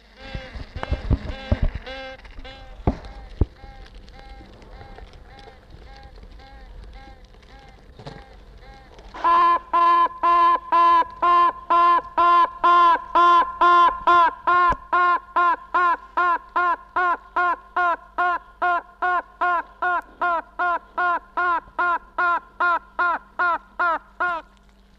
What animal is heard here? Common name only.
Honey Bee